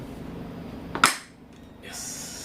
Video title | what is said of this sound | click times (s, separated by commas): 🤔 GoPro Straight Mounting angle° For Reels & Shorts Video ❌ - 😉👌Straight view Motovlogging set-up 🔥🔥 | இந்த sound கண்டிப்பாக வரணும். அப்போ தான் வந்து ஹுக்கு கரெக்டாக உட்காந்து அர்த்தம். | 0.9 s, 1.0 s